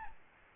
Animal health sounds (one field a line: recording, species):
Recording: mosquito wingbeat signal from an infrared sensor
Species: Aedes albopictus